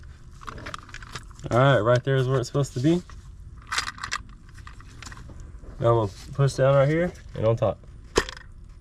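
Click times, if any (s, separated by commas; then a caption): 8.3 s. A plastic oil filter housing assembly is pressed down by hand onto the 3.6L V6 Pentastar engine of a 2012 Chrysler 300. Someone talks over faint handling taps and small knocks. A sharp click at 8.3 s marks the housing snapping into place and seating.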